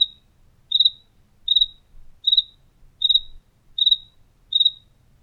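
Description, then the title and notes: Cricket chirps, high and pulsed, coming about every three quarters of a second in a steady rhythm with faint background hum. Recorded indoors in a house kitchen in Tlaxcala, Mexico. "Grillo Tlaxcalteca. Grillo grabado por Hugo Diego Blanco en la cocina de su casa en Tlaxcala"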